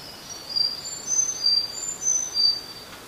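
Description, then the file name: Sakhalin leaf warbler song, thin, very high whistled notes repeating steadily over quiet hiss. "ezomushi"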